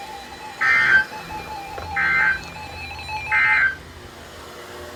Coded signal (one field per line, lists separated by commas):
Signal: Emergency Alert System (SAME) tones